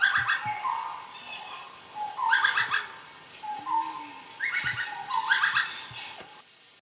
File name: great slaty woodpecker